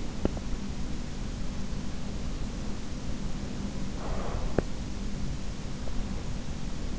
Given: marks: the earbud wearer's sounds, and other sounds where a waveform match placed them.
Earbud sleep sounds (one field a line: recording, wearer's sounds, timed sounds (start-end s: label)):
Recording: sounds in sleep by an in-ear microphone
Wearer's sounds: breath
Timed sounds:
3.97-4.84 s: breath